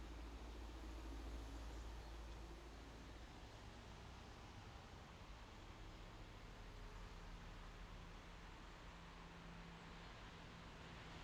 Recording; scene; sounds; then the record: everyday scene through a hearing-aid microphone; in traffic; traffic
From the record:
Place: main road on the outskirts, rush hour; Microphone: in the ear canal, left